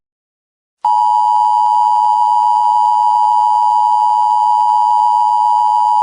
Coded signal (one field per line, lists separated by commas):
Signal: Emergency Alert System (SAME) tones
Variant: 853 and 960 Hz attention tone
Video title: EAS Scenario - NP Cable Anti-Piracy